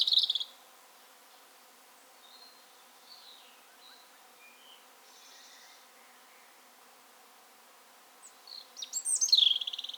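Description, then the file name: European robin song, thin high warbled phrases at the start and again near the end, with faint high notes in between over quiet background hiss. "Erithacus rubecula"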